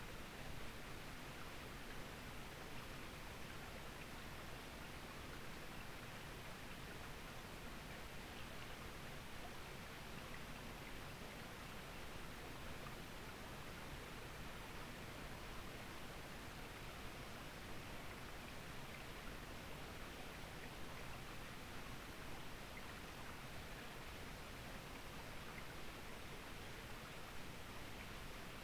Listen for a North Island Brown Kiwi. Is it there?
no